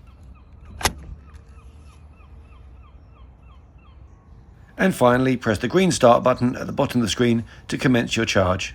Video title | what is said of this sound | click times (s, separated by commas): ChargePlace Scotland Rapid Charger Review 🏴 | when connecting the chad mode push firmly into place and you should hear it click as it goes in | 0.9 s